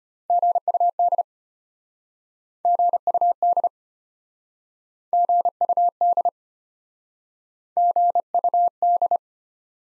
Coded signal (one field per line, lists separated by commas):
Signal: Morse code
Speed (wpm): 33 wpm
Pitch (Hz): 700 Hz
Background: none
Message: GUD GUD GUD GUD